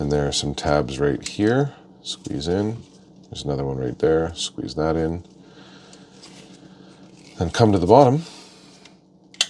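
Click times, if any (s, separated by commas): 9.4 s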